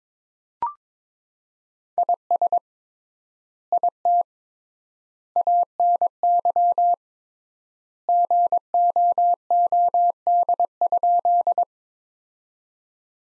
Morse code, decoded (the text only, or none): IS IT ANY GOOD?